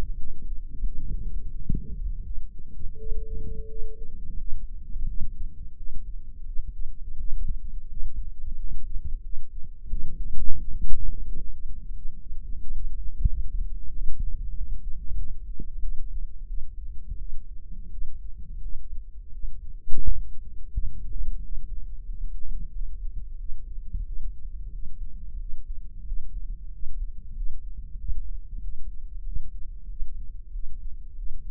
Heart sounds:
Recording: heart sounds by microphone in the right ear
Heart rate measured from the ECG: 89 bpm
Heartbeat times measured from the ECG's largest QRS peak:
0.15 s: heartbeat
0.82 s: heartbeat
1.50 s: heartbeat
2.22 s: heartbeat
2.96 s: heartbeat
3.67 s: heartbeat
4.37 s: heartbeat
5.05 s: heartbeat
5.75 s: heartbeat
6.44 s: heartbeat
7.16 s: heartbeat
7.88 s: heartbeat
8.55 s: heartbeat
9.21 s: heartbeat
9.87 s: heartbeat
10.56 s: heartbeat
11.25 s: heartbeat
11.93 s: heartbeat
12.58 s: heartbeat
13.25 s: heartbeat
13.90 s: heartbeat
14.53 s: heartbeat
15.15 s: heartbeat
15.80 s: heartbeat
16.46 s: heartbeat
17.17 s: heartbeat
17.90 s: heartbeat
18.60 s: heartbeat
19.31 s: heartbeat
20.01 s: heartbeat
20.71 s: heartbeat
21.40 s: heartbeat
22.04 s: heartbeat
22.71 s: heartbeat
23.37 s: heartbeat
24.04 s: heartbeat
24.70 s: heartbeat
25.37 s: heartbeat
26.04 s: heartbeat
26.70 s: heartbeat
27.34 s: heartbeat
27.97 s: heartbeat
28.60 s: heartbeat
29.24 s: heartbeat
29.87 s: heartbeat
30.51 s: heartbeat
31.15 s: heartbeat
From the record:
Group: healthy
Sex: female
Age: 19 years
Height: 163 cm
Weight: 51 kg

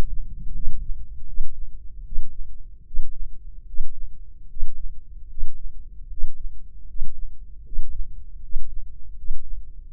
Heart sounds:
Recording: heart sounds by microphone in the left ear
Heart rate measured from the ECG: 77 bpm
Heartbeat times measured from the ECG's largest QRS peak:
0.53 s: heartbeat
1.26 s: heartbeat
2.04 s: heartbeat
2.84 s: heartbeat
3.65 s: heartbeat
4.48 s: heartbeat
5.28 s: heartbeat
6.08 s: heartbeat
6.86 s: heartbeat
7.63 s: heartbeat
8.41 s: heartbeat
9.15 s: heartbeat
9.89 s: heartbeat
From the record:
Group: healthy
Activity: Valsalva maneuver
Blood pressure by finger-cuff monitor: 128/92 mmHg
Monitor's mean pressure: 102 mmHg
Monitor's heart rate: 77 bpm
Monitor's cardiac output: 6.5 L/min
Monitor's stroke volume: 86 mL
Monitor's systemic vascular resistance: 1160 dyn s/cm5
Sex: male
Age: 23 years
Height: 179 cm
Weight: 87 kg

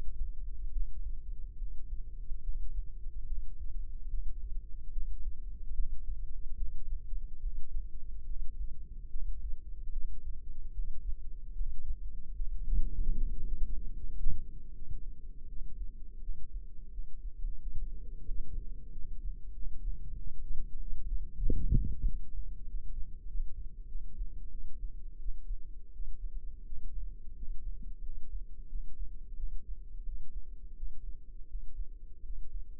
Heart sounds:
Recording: heart sounds by microphone in the left ear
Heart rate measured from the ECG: 82 bpm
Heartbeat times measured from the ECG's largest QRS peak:
0.69 s: heartbeat
1.55 s: heartbeat
2.41 s: heartbeat
3.24 s: heartbeat
4.07 s: heartbeat
4.89 s: heartbeat
5.71 s: heartbeat
6.54 s: heartbeat
7.39 s: heartbeat
8.23 s: heartbeat
9.07 s: heartbeat
9.89 s: heartbeat
10.71 s: heartbeat
11.52 s: heartbeat
12.33 s: heartbeat
13.13 s: heartbeat
13.93 s: heartbeat
14.72 s: heartbeat
15.46 s: heartbeat
16.19 s: heartbeat
16.89 s: heartbeat
17.58 s: heartbeat
18.26 s: heartbeat
18.89 s: heartbeat
19.52 s: heartbeat
20.15 s: heartbeat
20.77 s: heartbeat
21.41 s: heartbeat
22.04 s: heartbeat
22.65 s: heartbeat
23.25 s: heartbeat
23.85 s: heartbeat
24.48 s: heartbeat
25.17 s: heartbeat
25.90 s: heartbeat
26.63 s: heartbeat
27.33 s: heartbeat
27.99 s: heartbeat
28.66 s: heartbeat
29.34 s: heartbeat
30.03 s: heartbeat
30.73 s: heartbeat
31.45 s: heartbeat
32.20 s: heartbeat
From the record:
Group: healthy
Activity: breath hold 0-12 s, rest 12-33 s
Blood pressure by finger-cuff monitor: 98/55 mmHg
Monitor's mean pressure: 70 mmHg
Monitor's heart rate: 82 bpm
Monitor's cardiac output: 7.2 L/min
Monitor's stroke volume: 85 mL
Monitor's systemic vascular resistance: 700 dyn s/cm5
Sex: female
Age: 26 years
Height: 165 cm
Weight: 55 kg

